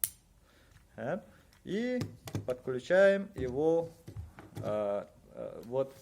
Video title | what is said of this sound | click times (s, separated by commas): 1кружок нач кл Моторы и сервоприводы | Вот таким способом, до щелчка. | 0.0 s